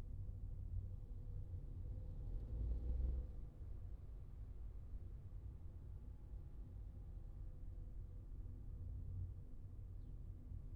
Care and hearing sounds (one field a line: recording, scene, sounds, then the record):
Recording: everyday scene through a hearing-aid microphone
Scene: in a vehicle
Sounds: engine, traffic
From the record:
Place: Skoda Fabia, gasoline engine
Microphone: in the ear canal, left